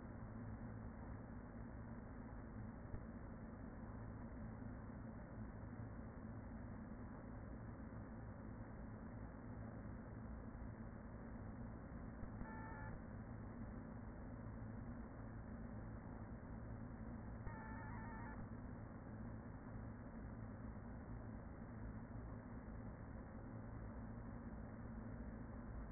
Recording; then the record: honeybee colony, microphone inside the hive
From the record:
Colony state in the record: queen present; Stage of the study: after two queens were removed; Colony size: about 40,000 bees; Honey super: no